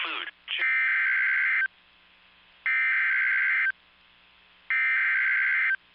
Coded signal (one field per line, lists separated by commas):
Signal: Emergency Alert System (SAME) tones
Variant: header bursts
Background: speech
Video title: OKLAHOMA TROUBLE | EAS Alerts from April 19th, 2023 (EAS #2325-2341)